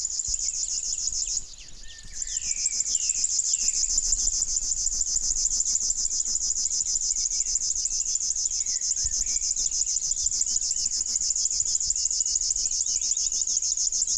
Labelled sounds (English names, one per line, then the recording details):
River Warbler song
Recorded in the wild
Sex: male
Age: adult
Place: Anklam, Mecklenburg-Vorpommern, DE
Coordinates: 53.9, 13.7
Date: 1989-05-20 17:45
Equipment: Uher 4400 Report Monitor, Sennheiser ME 80, K 30 AV
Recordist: Fischer, Stefan